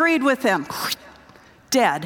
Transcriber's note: sound of neck slicing